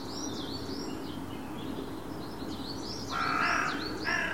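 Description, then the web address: Bird giving two harsh caws near the end, the first longer, over a continuous background of chirping and whistling birds. "Deverinetal 2025 File origin Bird Only"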